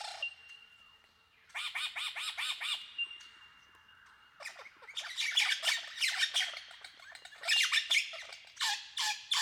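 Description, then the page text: Superb lyrebird song, a varied run of loud, harsh rattling bursts and rapid chattering phrases broken by short quiet gaps, with a steady thin high tone humming beneath. "Большая птица-лира - Superb Lyrebird (Menura novaehollandiae)"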